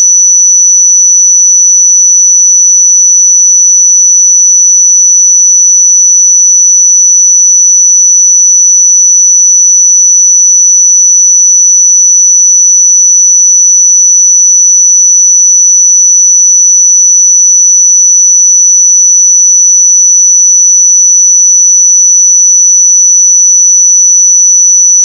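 A pure sine tone at 5942 Hz holds perfectly steady for the full twenty-five seconds, a single thin, bright, high whistle. Its loudness never changes, and nothing else sounds underneath or around it.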